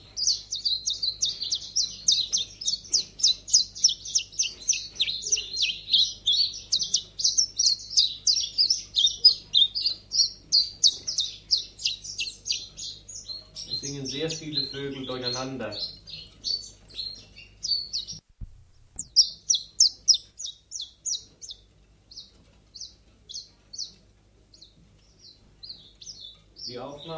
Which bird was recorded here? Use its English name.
Common Chiffchaff